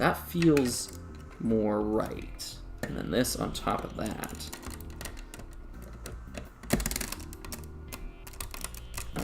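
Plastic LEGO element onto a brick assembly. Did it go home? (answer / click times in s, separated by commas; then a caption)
yes / 6.9 s, 7.0 s. A plastic LEGO element is pressed on top of a brick assembly while a set is being rebuilt from memory, with someone talking over faint background music. A rapid series of crunchy clicks at 6.9, 6.9, 7.0 and 7.0 seconds marks the bricks pressing home and seating together.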